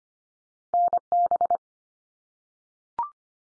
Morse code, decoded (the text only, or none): NB